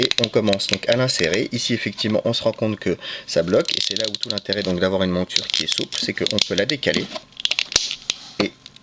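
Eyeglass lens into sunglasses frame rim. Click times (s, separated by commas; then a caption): 7.8 s. Someone talks while fitting a lens into the rim of a Ray-Ban Wayfarer (B&L 5024) sunglasses frame from the back, flexing the warmed, supple acetate rim and pushing the lens fully into its groove. A short burst of sharp ticks follows from about 7.5 to 8.4 s, and the lens clicks fully home into the frame at 7.8 s.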